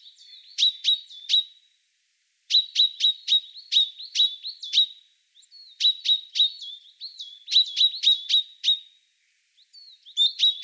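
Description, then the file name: Common chaffinch calls: abrupt, metallic-sounding notes repeated in bursts of several, separated by brief silent gaps. "Fringilla coelebs"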